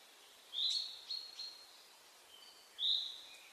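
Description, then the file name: Common chaffinch calls: two short, high notes a little over two seconds apart, with fainter thin notes between them. "Fringilla coelebs"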